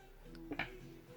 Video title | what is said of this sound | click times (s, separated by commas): Zawias równoległy Tiomos - GRASS - montaż ogranicznika kąta otwarcia. | dopychamy do środka ramienia ogranicznik aż usłyszymy charakterystyczny klik | 0.6 s